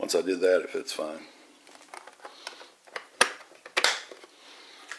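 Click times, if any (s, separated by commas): 3.2 s, 3.8 s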